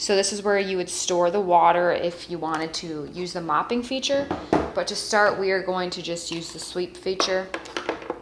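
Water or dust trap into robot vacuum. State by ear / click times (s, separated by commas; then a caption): not seated / none. Someone talks while handling a plastic water trap or dust bin for a robot vacuum, the part that holds water for the mopping feature. A few short sharp knocks come near the end, but the clip stops before the trap goes into the vacuum body, so nothing has seated or clicked yet.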